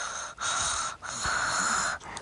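A child imitates very quiet, soft snoring.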